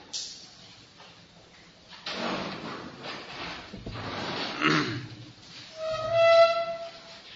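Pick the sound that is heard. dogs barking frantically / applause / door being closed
door being closed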